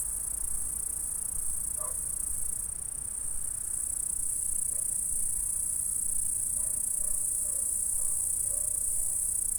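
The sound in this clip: A continuous high-pitched insect chorus of stridulation, with scattered faint soft notes beneath it.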